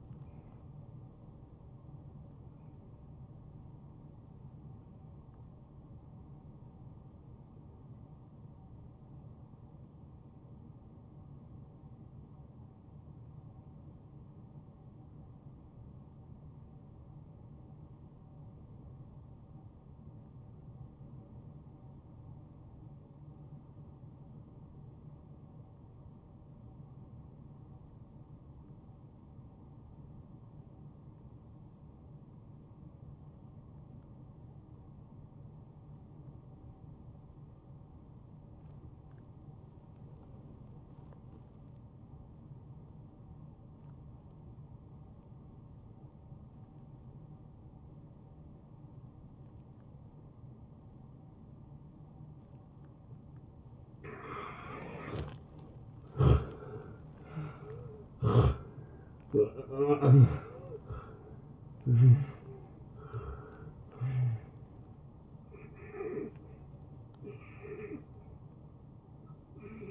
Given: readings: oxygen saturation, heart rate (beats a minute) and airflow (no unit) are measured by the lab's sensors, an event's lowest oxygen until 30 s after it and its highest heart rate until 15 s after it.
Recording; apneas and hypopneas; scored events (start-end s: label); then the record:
breathing in sleep by a smartphone at the bedside; 1
8.00-54.10 s: obstructive apnea (N1, oxygen 95% highest, then 79% lowest)
From the record:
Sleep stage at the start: N1 (lightest sleep); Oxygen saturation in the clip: 81 to 95%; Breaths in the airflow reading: 6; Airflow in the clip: -20.8 to 13.2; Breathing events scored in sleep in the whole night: 263 in 5.5 hours asleep